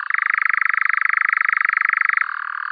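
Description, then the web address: European nightjar churring: a fast, steady mechanical trill of rapid pulses that drops abruptly to a lower pitch near the end. "Caprimulgus europaeus"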